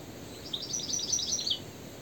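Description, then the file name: European goldfinch call, a fast tinkling burst of high liquid twittering notes lasting about one second, over steady background hiss. "Carduelis carduelis"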